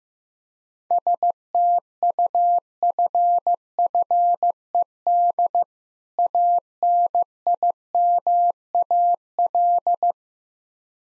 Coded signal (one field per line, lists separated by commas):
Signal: Morse code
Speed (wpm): 15 wpm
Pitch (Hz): 700 Hz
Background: none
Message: STUFFED ANIMAL